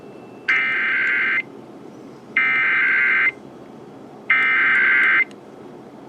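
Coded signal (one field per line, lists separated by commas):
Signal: Emergency Alert System (SAME) tones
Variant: header bursts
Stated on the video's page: Ohio Required Monthly Test.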